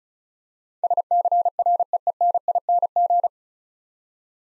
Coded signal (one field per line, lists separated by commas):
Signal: Morse code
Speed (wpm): 36 wpm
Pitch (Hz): 700 Hz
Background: none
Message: SCREENING